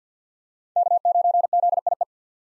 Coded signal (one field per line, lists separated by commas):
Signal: Morse code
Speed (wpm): 50 wpm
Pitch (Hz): 700 Hz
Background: none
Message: K9ZIE